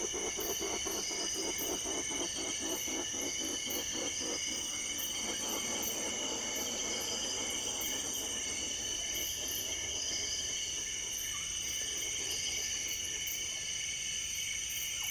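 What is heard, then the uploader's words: Hornbills, turacos and parrots call at a forest clearing over a dense, unbroken din. For the first five seconds a rapid, regular pulsing call dominates, then thins into looser, scattered calls. A steady shrill high-pitched whine and hiss runs through the whole clip. Evening at a clearing in the forest. Hornbills, turacos and parrots making a racket at a clearing in the forest. Lovely echoes from the treeline.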